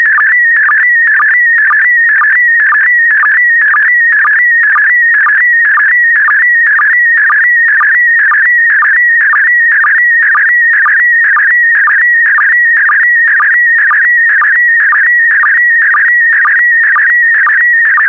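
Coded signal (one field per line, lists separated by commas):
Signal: SSTV (slow-scan television)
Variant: PD120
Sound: steady warbling, buzzy tone with a rhythmic low blip about twice a second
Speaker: Five, four, three, two, one. Transmission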